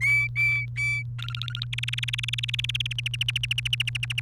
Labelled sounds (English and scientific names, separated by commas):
Domestic Canary (Serinus canaria) song